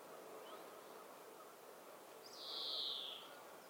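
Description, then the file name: European greenfinch giving one drawn-out, nasal wheezing note lasting about a second, above a constant low hiss. "Chloris chloris"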